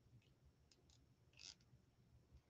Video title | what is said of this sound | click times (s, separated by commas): HOW TO MAKE A SNOWMAN WREATH - UITC RAIL BOARD | and hear that clicking sound | 0.7 s